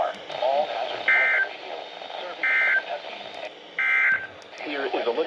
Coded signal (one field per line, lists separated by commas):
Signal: Emergency Alert System (SAME) tones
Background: speech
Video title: Weekly Tests: Live Voice Edition. (EAS#64-68)